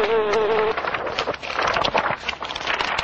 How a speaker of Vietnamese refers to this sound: Gió thổi làm những trang giấy lật đi lật lại. Ong sợ cuống cuồng, cất cánh toàn bay, nhưng không sao gỡ chân ra được, làm kêu lên những tiếng ồ ồ như người đọc sách.